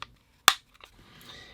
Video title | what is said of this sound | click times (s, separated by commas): Alien Gear Photon Holster: Great Quality, Solid Retention, Reasonable Comfort!! | and that clicks into place. | 0.5 s